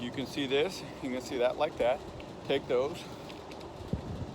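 Someone talks while handling the top and bottom halves of a survey laser mount, about to put them together. Faint handling noises come through under the voice toward the end, but the halves have not snapped or clicked into place yet.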